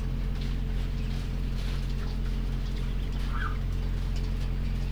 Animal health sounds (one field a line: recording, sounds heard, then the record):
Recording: poultry house recording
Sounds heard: sick chickens (respiratory disease)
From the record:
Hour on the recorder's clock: 5